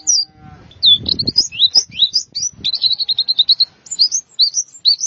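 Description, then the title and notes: White-eye song: rapid, high twittering of thin slurred notes, rising and falling in quick succession, with soft low rustling beneath. "Suara kicauan burung pleci"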